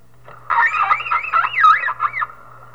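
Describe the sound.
Whale call made of warbling, wavering tones that swoop up and down for about two seconds, over a steady low hum.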